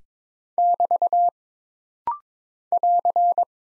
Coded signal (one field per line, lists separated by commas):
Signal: Morse code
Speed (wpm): 23 wpm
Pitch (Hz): 700 Hz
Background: none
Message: <BT> <AR>